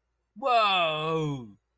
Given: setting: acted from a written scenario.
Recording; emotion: vocal sound without words; positive surprise